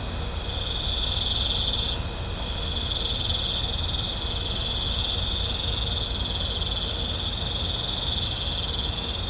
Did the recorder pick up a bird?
no